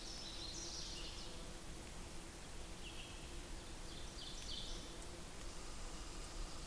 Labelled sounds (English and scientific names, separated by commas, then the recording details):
Ovenbird (Seiurus aurocapilla) song
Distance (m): 80 m
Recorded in boreal forest in Alberta, Canada, on 8 June 2016 at 08:04
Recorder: SongMeter 3, array SBT-3-9
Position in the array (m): 141 m, 129 m
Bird 35